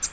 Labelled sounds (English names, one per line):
Nashville Warbler flight call